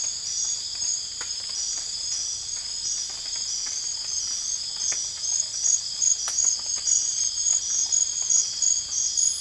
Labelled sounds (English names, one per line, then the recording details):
none
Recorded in dense forest near Puerto Asís, Putumayo, Colombia, on 20 December 2024 at 00:00
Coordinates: 0.484, -76.325
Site G056